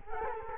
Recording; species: mosquito wingbeat signal from an infrared sensor; Culex quinquefasciatus